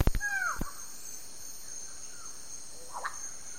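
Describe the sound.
Yellow-faced myna opening with loud clicks and a clear descending whistle, then a short sharp note near the end, against a persistent high-pitched hum.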